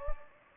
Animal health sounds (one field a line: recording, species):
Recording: mosquito wingbeat signal from an infrared sensor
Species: Anopheles gambiae